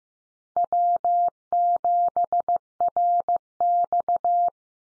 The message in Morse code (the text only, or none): W7RX